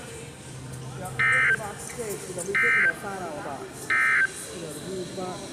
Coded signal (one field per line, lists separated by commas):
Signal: Emergency Alert System (SAME) tones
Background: speech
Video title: TWO DAYS OF SEVERENESS (EAS 119-124)